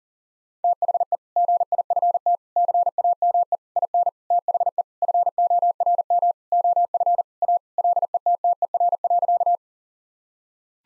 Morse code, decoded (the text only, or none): THE GIFT CAME IN THE FORM OF A LETTER.